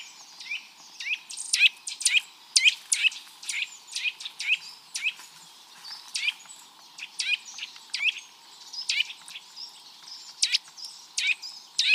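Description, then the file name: Eurasian nuthatch calls: sharp, high downward-sweeping notes given irregularly, about two per second, some doubled, over a steady hiss. "Sitta europaea"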